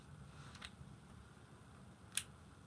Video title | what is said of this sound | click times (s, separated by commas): 12/3 Compound, Concentrates & Coffee Morning Show ☕️ | hear that little click you know you're good to go see | 2.2 s